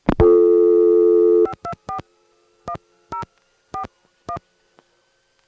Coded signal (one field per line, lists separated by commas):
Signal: DTMF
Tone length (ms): 90 ms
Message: 5241041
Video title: Evan Doorbell: Early 80s Phone Phreaking